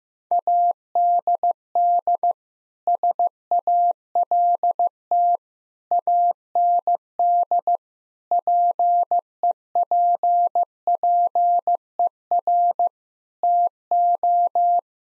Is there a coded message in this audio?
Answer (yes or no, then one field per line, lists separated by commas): yes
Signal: Morse code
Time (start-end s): 0.3-14.8 s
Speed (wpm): 15 wpm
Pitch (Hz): 700 Hz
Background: none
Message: ADD SALT AND PEPPER TO